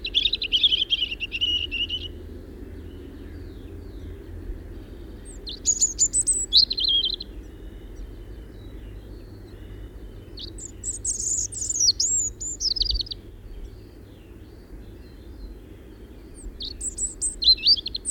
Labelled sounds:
European Robin (Erithacus rubecula) song
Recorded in the wild
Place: Bergen, Insel Rügen, Mecklenburg-Vorpommern, DE
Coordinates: 54.415, 13.426
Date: 1976-04-25 06:15
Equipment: Nagra III BH, Sennheiser MD 21, parabola
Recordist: Schubert, Michael

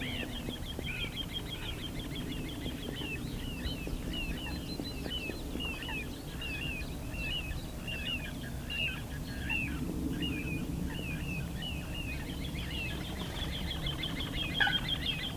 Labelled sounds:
Water Rail (Rallus aquaticus) call
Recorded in the wild
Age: adult
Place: Parsteiner See, Brandenburg, DE
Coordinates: 52.9697, 13.9775
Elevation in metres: 40
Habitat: sedge
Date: 2006-04-12
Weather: wolkig, ca. 5°C, schwacher Wind aus SO
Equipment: Marantz PMD 671, Sennheiser MKH 70, Popschutz
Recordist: Frommolt, Karl-Heinz

